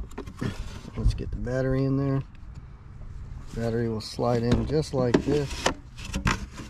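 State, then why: Seated. An EGO battery pack is slid into a lawnmower's battery bay and pushed down until the plastic locking tab clicks into place at 6.3 s, while someone talks. The battery is seated all the way down and locked in so it will not come out.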